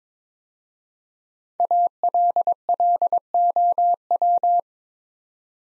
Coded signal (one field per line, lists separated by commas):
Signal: Morse code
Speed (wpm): 22 wpm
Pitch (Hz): 700 Hz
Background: none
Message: ALLOW